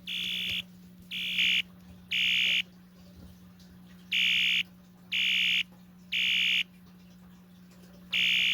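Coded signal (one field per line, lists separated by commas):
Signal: alarm pattern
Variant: electronic fire alarm horn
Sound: harsh buzzing horn sounds three half-second blasts, pauses, then repeats the three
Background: low electrical hum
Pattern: temporal three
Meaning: Temporal three pattern signals fire evacuation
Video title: 1985 Wheelock ES-DL1-WS-24DC Temporal Code 3 Fire Alarm Sound Effect - DUSMC vs System Sensor MDL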